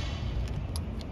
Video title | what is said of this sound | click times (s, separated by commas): Can an Electric Power Wheelchair be pushed manually? | a little click and you go to the center | 0.8 s